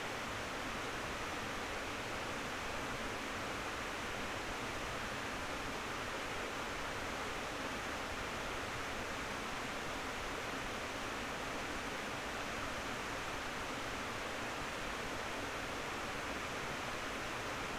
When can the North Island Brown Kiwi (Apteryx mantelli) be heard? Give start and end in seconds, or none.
none